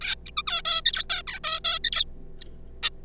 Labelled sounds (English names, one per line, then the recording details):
Zebra Finch
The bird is a juvenile
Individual R3549